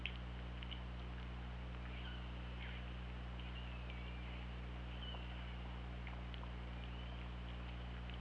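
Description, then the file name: Killer whale calls: several short whistled tones, some upswept and wavering, scattered throughout with faint clicks over a constant low underwater hum. Underwater hydrophone recording made 24 August 2017 at 20:56. "Orca Lab"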